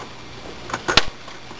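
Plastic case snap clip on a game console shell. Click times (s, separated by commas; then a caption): 1.0 s. A flathead screwdriver is pushed into the slot in the plastic case of an Xbox 360 to release an internal snap clip. After faint ticks near 0.7 s and 0.9 s, a sharp, loud click lands at 1.0 s. The clip has released.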